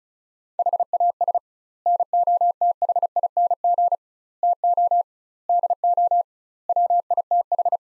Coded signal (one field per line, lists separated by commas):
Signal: Morse code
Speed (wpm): 36 wpm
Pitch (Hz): 700 Hz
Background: none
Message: HAS NOTHING TO DO WITH